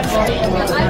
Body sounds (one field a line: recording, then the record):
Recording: background sound without coughing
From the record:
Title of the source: Nightlife Party Simulating Party Club Noise 1 Hour